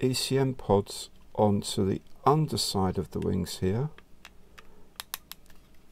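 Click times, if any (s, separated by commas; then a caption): 5.0 s, 5.1 s. ECM pods are pushed into the underside of the wings of a 1/48 scale Airfix Buccaneer plastic model kit (2022 new tooling). Someone talks for the first four seconds, then faint small clicks follow. Sharp clicks at 5.0 s and 5.1 s mark the pod seating in the wing.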